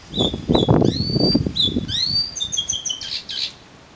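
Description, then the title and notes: Oriental magpie-robin song: varied high whistles, some rising and some level, tumbling into a quick run of notes, over low rumbling background noise. "suara kacer. kumpulan suara burung kacer"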